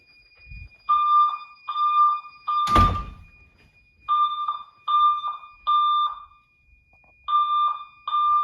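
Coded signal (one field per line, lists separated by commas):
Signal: alarm pattern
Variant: Boston code 3 tone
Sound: buzzy 1.2 kHz alarm tone beeping in groups of three with pauses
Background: a thump, faint steady whine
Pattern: temporal three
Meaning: Fire alarm evacuation signal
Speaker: I've set the system to play my favorite tone, which is the Boston specific code 3 tone.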